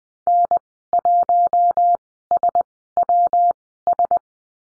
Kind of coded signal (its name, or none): Morse code